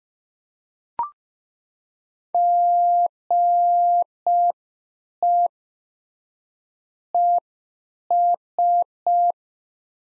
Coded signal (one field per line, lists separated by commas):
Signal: Morse code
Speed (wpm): 5 wpm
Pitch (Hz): 700 Hz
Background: none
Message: GE ES